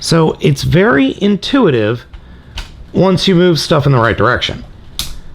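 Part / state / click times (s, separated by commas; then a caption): plastic clip of a toy robot limb into the body section / seated / 5.0 s. Someone talks while pushing the plastic clip of a toy robot limb along its guides into the slot on the body section of a Geo Mecha Captain Dino 5-in-1 Combiner transforming robot. A sharp, bright snap at 5.0 s marks the clip seating in place.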